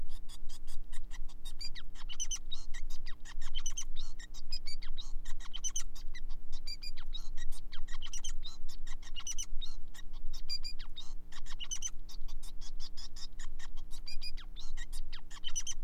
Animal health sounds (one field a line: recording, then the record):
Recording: song of a male Bengalese finch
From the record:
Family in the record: son of father 5